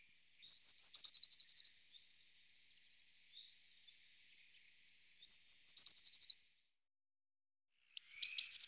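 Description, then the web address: Eurasian blue tit song, repeated three times: a few high thin notes followed by a fast, lower, ringing trill, with quiet gaps between phrases. "IVN Zangvogels. Pimpelmees"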